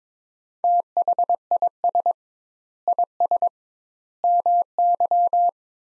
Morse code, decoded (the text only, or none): THIS IS MY